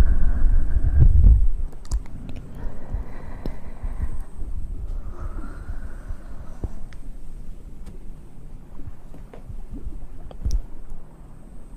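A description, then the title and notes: Mouth sounds: a heavy low rumble opens the first second and a half, then settles into soft, wet murmuring with airy breathy swells around two and five seconds. Small sharp clicks and smacks pop up irregularly throughout, with a brighter smack near ten seconds. ASMR Best Mouth Sounds.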